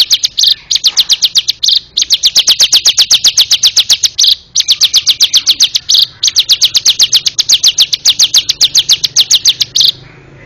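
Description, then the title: Bar-winged prinia song, a fast run of high, piercing chips delivered in long bursts broken by short gaps. "Suara Burung Ciblek"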